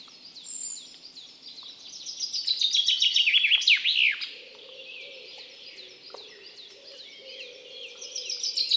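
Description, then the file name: Common chaffinch song: a bright descending trill from about two to four seconds ending in a quick flourish, with scattered high chirps before and after. "Fringilla coelebs"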